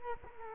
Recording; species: mosquito wingbeat signal from an infrared sensor; Culex quinquefasciatus